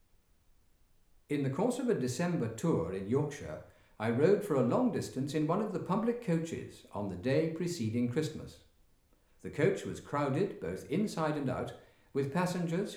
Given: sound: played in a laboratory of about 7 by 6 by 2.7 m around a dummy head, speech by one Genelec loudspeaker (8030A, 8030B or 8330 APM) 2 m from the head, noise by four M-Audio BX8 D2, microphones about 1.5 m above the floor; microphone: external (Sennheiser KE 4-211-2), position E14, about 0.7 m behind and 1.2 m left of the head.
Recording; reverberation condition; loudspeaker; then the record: male speech in English; medium; 150 degrees to the left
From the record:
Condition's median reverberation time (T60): about 510 ms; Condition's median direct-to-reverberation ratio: about -0.5 dB